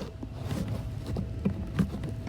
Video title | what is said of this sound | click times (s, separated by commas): Builtright Industries Seat Latch | you pull it up like that you'll hear a click then the entire seat assembly comes | 1.8 s